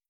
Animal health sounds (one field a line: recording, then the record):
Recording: hydrophone in a shrimp aquaculture tank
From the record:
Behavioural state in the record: starved